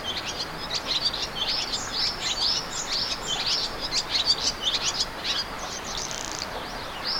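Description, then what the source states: Bird song of high, rapid chirps and twittering notes in quick succession, steady throughout over a faint background hiss. Recorded in the morning.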